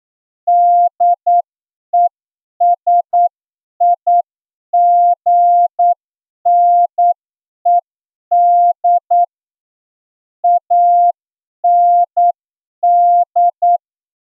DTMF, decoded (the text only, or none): none